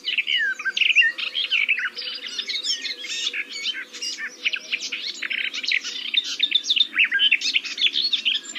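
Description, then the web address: Garden warbler delivering an extended, fast, rambling warble of mixed liquid and chattering notes, with a steady low hum in the background. "Przyroda Ptaki GAJÓWKA"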